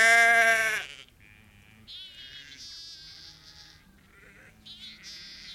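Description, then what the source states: Lamb bleating, one loud wavering bleat at the start, then high bird chirps in the background. Lamb bleating on its own, loud bleats; birds heard occasionally in the background.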